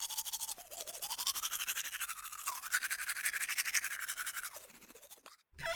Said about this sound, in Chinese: 月球，又是一个普通的早晨， 独孤月醒来后拿起牙膏牙刷开始洗漱。